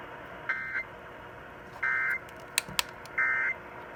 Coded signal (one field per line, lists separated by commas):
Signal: Emergency Alert System (SAME) tones